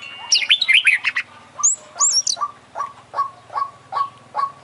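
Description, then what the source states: Oriental magpie-robin song: a quick jumble of high twittering notes, then rising whistles, followed by a steady series of short repeated chips. Champion bird singing vigorously (gacor); from a collection of selected tutor songs (masteran) for training songbirds.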